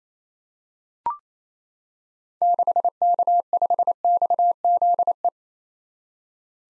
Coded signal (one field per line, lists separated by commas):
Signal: Morse code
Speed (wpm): 27 wpm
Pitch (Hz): 700 Hz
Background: none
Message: 6K5XZE